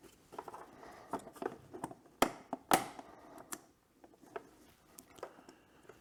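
A replacement SUMA convex blind-spot mirror glass, with its heater wires attached, is pressed into the side-mirror housing of a 6th-gen Ford Bronco amid light handling and rustling. It pops into place with a sharp snap at 2.2 s, followed by a second sharp knock at 2.7 s. The glass is seated, going on much more easily than it comes off.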